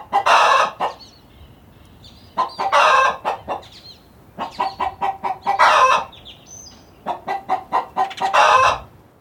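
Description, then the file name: Chickens give loud, harsh squawks roughly every three seconds, with quicker soft clucks in between. Chickens recorded inside a hen house on a farm. "felix blume animals chickens inside hen house on farm"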